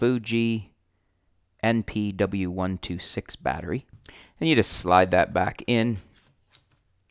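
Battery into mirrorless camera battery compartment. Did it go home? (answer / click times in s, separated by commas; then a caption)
yes / 6.6 s. Someone talks while a Fuji NP-W126 battery is slid back into the battery compartment of a Fuji X-A2 mirrorless camera with a 16-50mm kit lens. At 6.6 s the small orange retaining lever snaps over the battery with a short, sharp click, followed by a few faint ticks. The battery is seated and locked in place.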